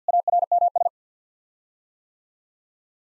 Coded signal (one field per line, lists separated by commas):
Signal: Morse code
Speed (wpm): 50 wpm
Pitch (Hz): 700 Hz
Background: none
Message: ARMS